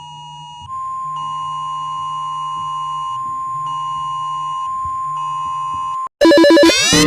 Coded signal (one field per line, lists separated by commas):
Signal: Emergency Alert System (SAME) tones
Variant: 1050 Hz attention tone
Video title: 🚨⚠️RATING EAS ALARM PART 5⚠️🚨 (Suggested)